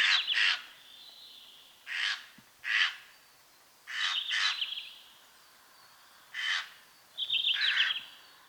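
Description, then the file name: Eurasian jay calling with loud, hoarse screeches, single or paired, spaced about a second or two apart, some followed by a short wavering whistle. "Garrulus glandarius"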